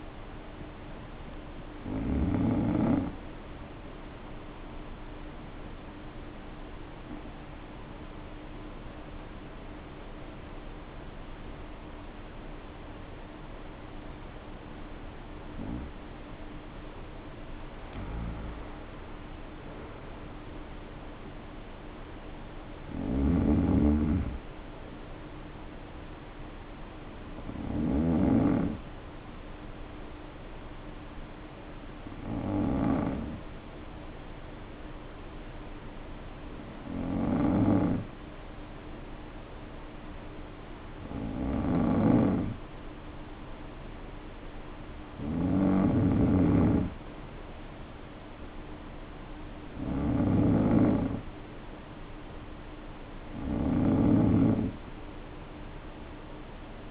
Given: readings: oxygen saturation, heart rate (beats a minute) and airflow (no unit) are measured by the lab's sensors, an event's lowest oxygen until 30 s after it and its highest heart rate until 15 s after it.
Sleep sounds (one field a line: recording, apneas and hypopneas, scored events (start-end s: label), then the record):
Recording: breathing in sleep by a voice recorder at the bedside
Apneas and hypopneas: 2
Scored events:
3.00-20.80 s: hypopnea (N2, oxygen 92% highest, then 91% lowest, heart rate 58 at the start, 58 highest)
30.00-45.60 s: hypopnea (N2, oxygen 94% highest, then 91% lowest, heart rate 54 at the start, 57 highest)
From the record:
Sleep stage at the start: N2 (light sleep)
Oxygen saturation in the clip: 88 to 94%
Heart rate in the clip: 50 to 63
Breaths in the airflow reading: 11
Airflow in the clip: -6.4 to 4.1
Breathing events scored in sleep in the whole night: 520 in 7.2 hours asleep